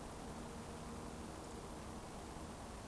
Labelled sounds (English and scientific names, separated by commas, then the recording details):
Eurasian Woodcock (Scolopax rusticola) whistle
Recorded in Baden-Württemberg, Germany, on 24 June 2020 at 20:18 UTC
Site 14569, 102 m above sea level